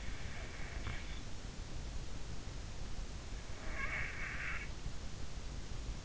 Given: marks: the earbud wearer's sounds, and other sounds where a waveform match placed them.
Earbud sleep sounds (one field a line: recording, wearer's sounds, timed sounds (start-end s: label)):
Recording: sounds in sleep by an in-ear microphone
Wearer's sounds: snoring breath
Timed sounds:
0.30-1.02 s: snoring breath
3.64-4.70 s: snoring breath